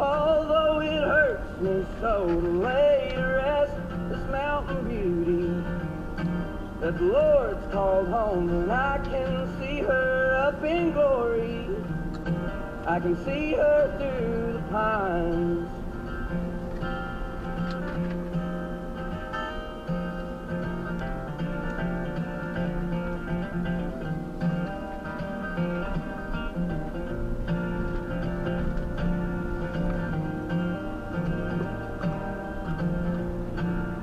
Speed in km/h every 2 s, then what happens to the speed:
44, 44, 45, 45, 44, 47, 48, 50, 52, 50, 45, 40, 35, 34, 34, 37, 42.
0-17 steady at about 45. 17-28 slows to 34. 28-34 speeds up to 42.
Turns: 22-29.